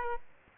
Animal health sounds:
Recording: mosquito wingbeat signal from an infrared sensor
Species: Aedes aegypti

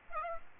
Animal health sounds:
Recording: mosquito wingbeat signal from an infrared sensor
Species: Aedes aegypti

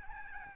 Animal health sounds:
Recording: mosquito wingbeat signal from an infrared sensor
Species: Aedes albopictus

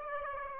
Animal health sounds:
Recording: mosquito wingbeat signal from an infrared sensor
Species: Aedes aegypti

